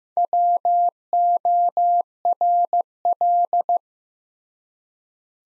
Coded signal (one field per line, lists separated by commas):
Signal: Morse code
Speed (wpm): 15 wpm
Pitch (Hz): 700 Hz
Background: none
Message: WORL